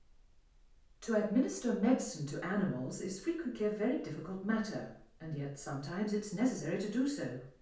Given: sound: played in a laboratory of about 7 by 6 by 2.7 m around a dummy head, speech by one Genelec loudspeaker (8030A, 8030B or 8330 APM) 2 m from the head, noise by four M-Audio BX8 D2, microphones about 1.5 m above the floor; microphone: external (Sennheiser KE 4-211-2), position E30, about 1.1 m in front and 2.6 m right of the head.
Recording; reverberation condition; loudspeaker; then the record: female speech in English; medium; 90 degrees to the left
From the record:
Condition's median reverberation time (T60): about 510 ms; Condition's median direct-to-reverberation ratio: about -0.5 dB